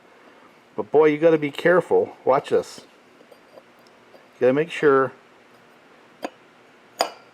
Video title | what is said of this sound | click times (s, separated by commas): STUCK In The Swamp, Husqvarna 562xp, Holzfforma g288, UniForest H65 PTO Winch. Case Tools For g888 | And you hear it click when it actually dropped down into that pin. | 7.0 s